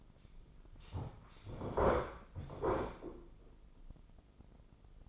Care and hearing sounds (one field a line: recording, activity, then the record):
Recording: daily activity, microphone in the room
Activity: sit down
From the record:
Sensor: 5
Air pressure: 996.1 hPa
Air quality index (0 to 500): 245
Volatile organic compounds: 478 ppm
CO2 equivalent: 4790 ppm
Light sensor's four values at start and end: 165/394/167/182 and 165/394/167/182